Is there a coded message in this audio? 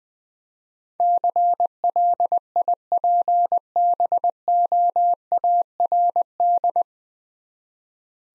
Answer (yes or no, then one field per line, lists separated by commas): yes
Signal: Morse code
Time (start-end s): 1.0-6.8 s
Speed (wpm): 20 wpm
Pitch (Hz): 700 Hz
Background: none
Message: CLIPBOARD